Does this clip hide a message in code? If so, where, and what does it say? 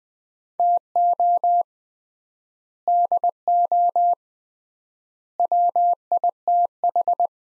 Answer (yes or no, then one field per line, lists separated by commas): yes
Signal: Morse code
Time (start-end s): 0.6-7.3 s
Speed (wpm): 21 wpm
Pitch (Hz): 700 Hz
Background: none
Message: TO DO WITH